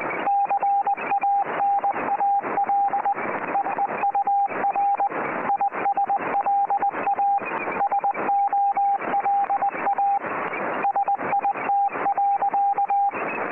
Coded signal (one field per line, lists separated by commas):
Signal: Morse code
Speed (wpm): 20 wpm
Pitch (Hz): 800 Hz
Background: radio noise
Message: CANAL EEUR ISLA SOLA SIT.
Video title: CWA Cerrito Radio (Montevideo, Uruguay) - 8602 kHz CW